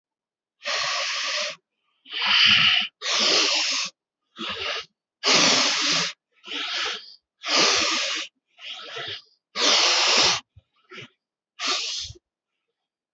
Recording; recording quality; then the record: shallow breathing; excellent, no background noise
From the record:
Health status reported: healthy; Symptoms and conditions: hypertension, diabetes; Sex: male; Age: 57 years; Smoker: not ticked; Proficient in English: yes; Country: India